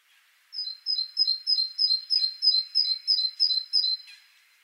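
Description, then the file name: Great tit song of about eleven bright two-note pairs, high then lower, delivered steadily at roughly three per second in one unbroken run. "Parus major"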